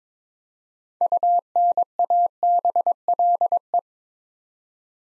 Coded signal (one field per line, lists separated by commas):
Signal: Morse code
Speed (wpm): 23 wpm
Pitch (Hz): 700 Hz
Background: none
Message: UNABLE